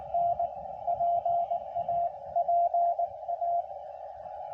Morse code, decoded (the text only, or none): N PA PA